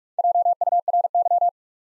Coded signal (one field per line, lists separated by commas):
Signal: Morse code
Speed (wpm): 44 wpm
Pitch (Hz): 700 Hz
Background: none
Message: JURY